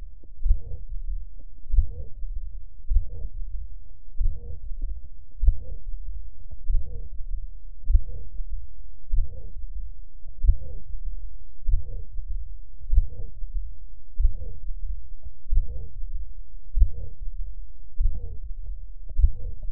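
Heart sounds of an adult heard by stethoscope at the apex.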